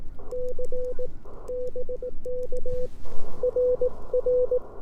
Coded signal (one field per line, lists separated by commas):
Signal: Morse code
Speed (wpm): 18 wpm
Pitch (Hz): 500 Hz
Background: none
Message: C BK RR